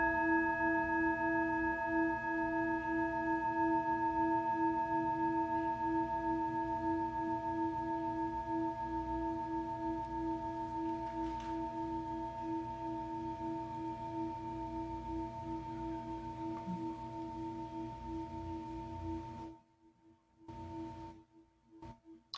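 A singing bowl rings on in a long, steady drone, its tone made of several clear, unwavering pitches from low to bright, with a slight pulsing shimmer. The sound holds evenly for about nineteen seconds, then cuts out abruptly, leaving near silence with a few brief bursts.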